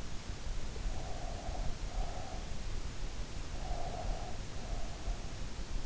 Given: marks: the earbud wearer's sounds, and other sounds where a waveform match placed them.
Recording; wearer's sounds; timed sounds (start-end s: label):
sounds in sleep by an in-ear microphone; breath
0.60-2.46 s: breath
3.51-5.39 s: breath